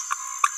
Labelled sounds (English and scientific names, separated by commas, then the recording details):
Green-rumped Parrotlet (Forpus passerinus) babbling
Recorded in a nest box in Venezuela
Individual 18B17A3